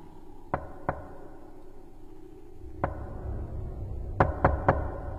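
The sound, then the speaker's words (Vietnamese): Sharp knocks on a door late at night come in uneven clusters: two quick raps, a lone knock, then three rapid ones, each loud and crisp over a low rumbling background. “Tiếng gõ cửa bên kia vẫn cứ vang lên như đang thúc giục vậy.”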